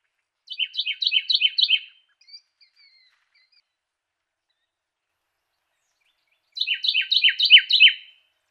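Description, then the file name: Carolina wren giving a fast series of repeated whistled syllables, then a long quiet gap, then another bright rolling phrase of the same pattern. Song variation number three. "suara-kicauan-burung-carolina-wren-variasi-3-omkicau"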